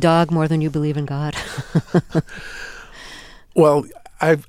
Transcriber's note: soundbite of laughter